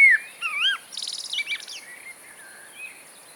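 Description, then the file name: Common blackbird song: a few rich, looping whistles open the phrase, followed by a squeaky, rapid high twitter and softer trailing warbles. "Mirlo comun"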